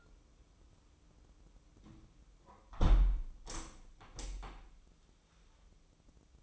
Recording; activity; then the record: daily activity, microphone in the room; close window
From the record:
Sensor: 1